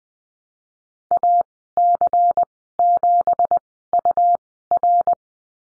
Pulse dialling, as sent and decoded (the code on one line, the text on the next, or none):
none